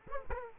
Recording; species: mosquito wingbeat signal from an infrared sensor; Aedes aegypti